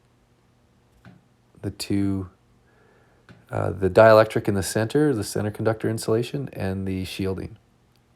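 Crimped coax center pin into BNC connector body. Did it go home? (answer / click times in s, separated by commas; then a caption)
no / none. A crimped center pin on RG-58 coax is handled near a BNC connector body, with a few faint handling sounds while someone talks. The pin has not yet been pushed home into the connector body, so nothing has seated or clicked yet.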